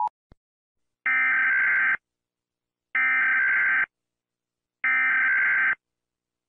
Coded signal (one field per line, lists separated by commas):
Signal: Emergency Alert System (SAME) tones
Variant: header bursts